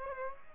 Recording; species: mosquito wingbeat signal from an infrared sensor; Aedes aegypti